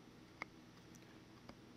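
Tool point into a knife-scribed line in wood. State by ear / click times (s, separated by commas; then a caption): seated / 0.4 s, 1.5 s. A steel tool point is dropped into a line scribed with a marking knife in wood, where it seats in the groove to give an exact reference. A sharp, faint click is heard at 0.4 s and a softer one at 1.5 s as the point clicks into place, over a quiet, steady background.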